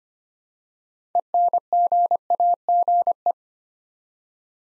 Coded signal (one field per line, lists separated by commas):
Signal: Morse code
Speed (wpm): 25 wpm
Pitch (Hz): 700 Hz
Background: none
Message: ENGAGE